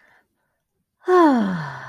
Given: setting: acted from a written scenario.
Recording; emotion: vocal sound without words; ecstasy